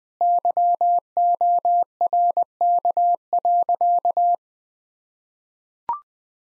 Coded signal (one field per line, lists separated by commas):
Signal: Morse code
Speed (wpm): 21 wpm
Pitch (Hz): 700 Hz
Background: none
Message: YORK.